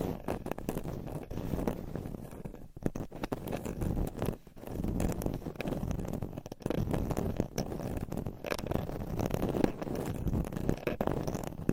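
Nails scratch across a microphone cover in dense, continuous rasping strokes, mostly low and muffled, with brief pauses near three and five seconds.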